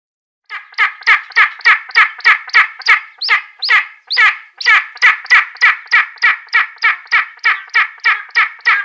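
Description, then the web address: Spanish imperial eagle uttering a rapid, regular chain of grating, barking notes, about three per second, with a few higher, rising notes partway through. "Schulze Peter Spanish Imperial Eagle"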